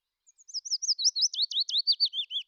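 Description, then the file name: Willow warbler song, a single soft, liquid cascade of quick whistled notes that starts faint, swells, then drops steadily in pitch over two seconds. "fitis"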